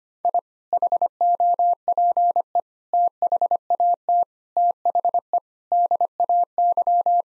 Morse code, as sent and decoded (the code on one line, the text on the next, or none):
.. / .... --- .--. . / - .... .- - / - .... . / -.. .- -.--
I HOPE THAT THE DAY